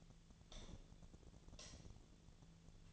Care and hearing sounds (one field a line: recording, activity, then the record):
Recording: daily activity, microphone in the room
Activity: light off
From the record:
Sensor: 4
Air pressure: 1010.7 hPa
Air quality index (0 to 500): 171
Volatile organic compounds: 5 ppm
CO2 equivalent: 1737 ppm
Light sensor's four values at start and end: 39/113/45/46 and 39/112/44/45